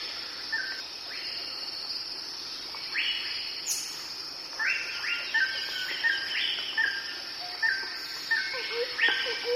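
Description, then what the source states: Bird giving sharp, upward-sweeping calls at irregular intervals, with scattered chirps behind and a continuous high-pitched insect drone. Jungle birds.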